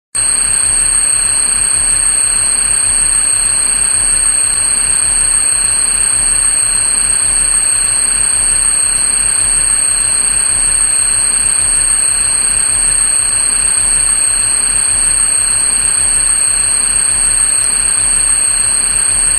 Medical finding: Tinnitus Screeching Tone.